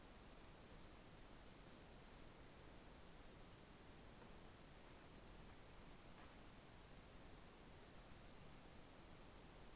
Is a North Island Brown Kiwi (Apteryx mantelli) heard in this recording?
no